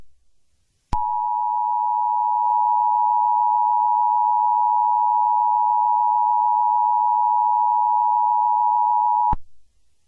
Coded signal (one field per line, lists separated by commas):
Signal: Emergency Alert System (SAME) tones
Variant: 853 and 960 Hz attention tone